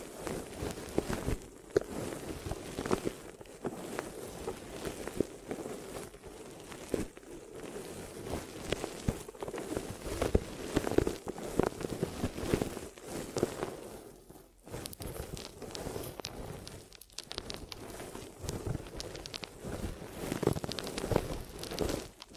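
Ear massage and cleaning sounds: a dense, continuous rustle with constant crackles and quick taps throughout. The rubbing holds a steady, muffled middle tone, with brief near-silent gaps around 14 and 17 seconds before the textured scratching resumes.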